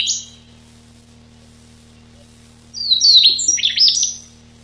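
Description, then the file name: Siberian rubythroat song: a short high note at the start, then silence, then a rich phrase of rapid varied whistles and chirps. Recorded 6 July 1991. "6 07 91 Ccalliopa"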